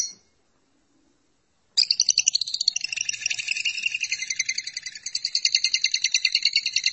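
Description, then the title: Lovebird song begins after a brief silence, a long rapid rattling trill with pulsing rhythm and layered harsh harmonics. "BM Suara Burung Lovebird"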